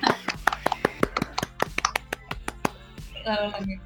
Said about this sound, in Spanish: Quiere venir a saludar. No, apláudale, por favor, vengan los aplausos.